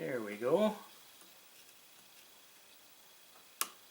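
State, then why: Seated. A cable connector is pressed into its socket on the board of a Phantom 4 Pro drone during reassembly after an ESC replacement. Someone talks for the first second, then after a quiet stretch a single sharp click is heard at 3.6 s as the connector seats.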